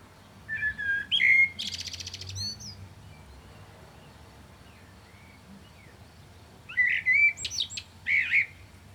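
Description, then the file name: Common blackbird sings two separated phrases, low fluty whistles leading into thin, high twittering notes, with a quiet pause between them. "Turdus merula"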